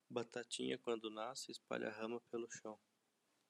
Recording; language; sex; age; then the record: short text; Brazilian Portuguese; male; 30 to 39 years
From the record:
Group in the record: control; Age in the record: 38 years